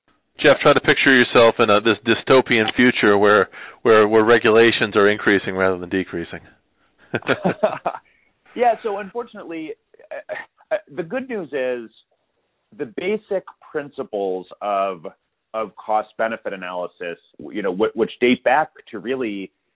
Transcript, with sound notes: Jeff, try to picture yourself in a dystopian future where regulations are increasing rather than decreasing. [Laughter]
Yeah, so unfortunately, the good news is the basic principles of cost-benefit analysis, which date back to really,